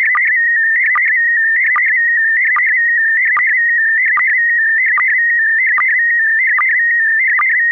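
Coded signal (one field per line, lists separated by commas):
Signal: SSTV (slow-scan television)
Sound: warbling tone near 2 kHz, interrupted by a short low blip about every 0.8 seconds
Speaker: We bring you experiments with Slow Scan TV images, mostly photos, and also several kinds of data transmission using Fldigi. We have a show sending some data, mostly SSTV images.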